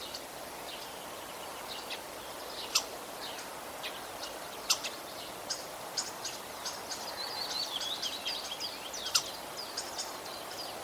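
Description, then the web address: Common starling calls: loud snapping clicks mixed with squeaky whistles, building into a busy chattering passage toward the end, over constant low hiss. "vogelstimmen star ruf nabu lars lachmann"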